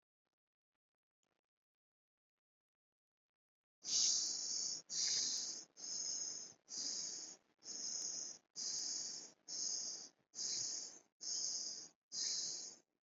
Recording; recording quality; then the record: shallow breathing; excellent, no background noise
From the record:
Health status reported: recovered from COVID-19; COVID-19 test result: negative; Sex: male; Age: 24 years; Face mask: worn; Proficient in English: yes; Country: India